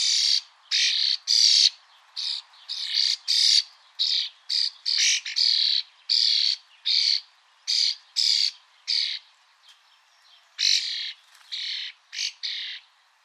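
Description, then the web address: Bird giving harsh, buzzy squawks in quick bursts, repeated irregularly with short gaps throughout. "Deverinetal 2025. Bird Only"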